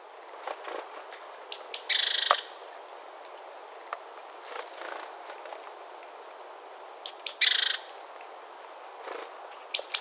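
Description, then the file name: Great tit calls: short, very high thin notes followed by a harsh buzzy burst, given in a few bouts at uneven intervals. "Parus major"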